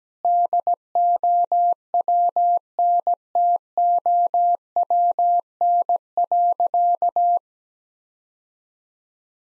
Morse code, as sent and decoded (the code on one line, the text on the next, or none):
-.. --- .-- -. - --- .-- -. .-.-.-
DOWNTOWN.